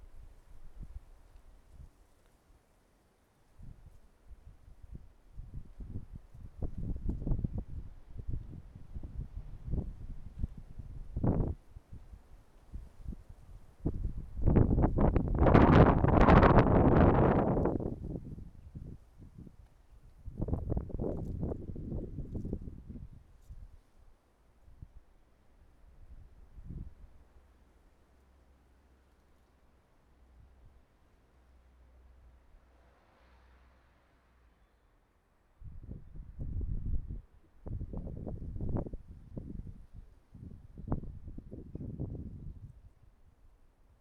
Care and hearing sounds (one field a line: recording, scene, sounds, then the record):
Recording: everyday scene through a hearing-aid microphone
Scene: wind on the microphone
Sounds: wind, traffic, birds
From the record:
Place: suburban garden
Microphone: behind the ear, right, rear